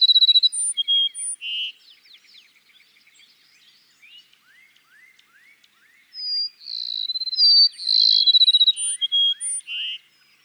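Cassin's sparrow sings a trilled, whistled song at the start and again after a pause filled with faint rising calls of other birds.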